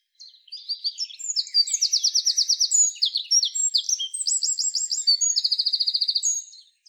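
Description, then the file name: Eurasian wren pouring out a hurried, piercing song of tumbling notes, several rapid trills and a fast stuttering rattle near the end. "Troglodytes troglodytes"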